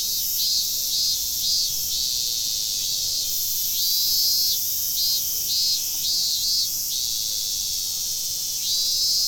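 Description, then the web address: Cicadas in a continuous high buzzing chorus, broken by short pulsing throbs repeating in loose groups. Several cicadas, recorded on 31 July 2015. "fukudai. cicadas 150731"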